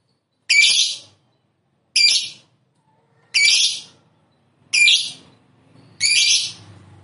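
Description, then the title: Lovebird giving five loud, grating screeches at an even pace, roughly one every second and a half. "Suara Lovebird"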